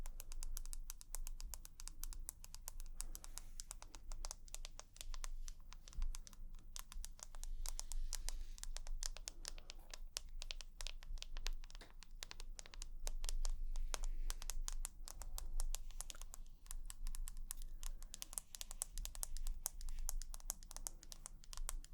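Rapid tapping runs without pause for the whole stretch, dense clusters of sharp, bright clicks in an irregular rhythm much like typing on a keyboard. The pace stays busy throughout, with slight swells in loudness, over a steady low hum underneath.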